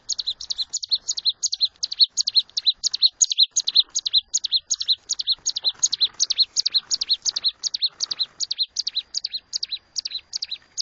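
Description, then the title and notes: Bar-winged prinia song: a steady run of sharp, high chipping notes, repeated rapidly with little pause. A collection of ciblek sounds from singing birds described as gacor (vigorous, persistent singers) and from young birds. "Kicau Ciblek. putri sherin. kumpulan suara burung ciblek gacor dan anakan"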